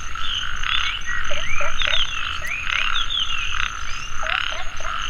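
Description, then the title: Frogs croaking in short rising notes over a pulsing chorus. Frogs calling in a mountain valley at dusk; field recording. "傍晚山谷里的蛙和鸟齐鸣 声谷"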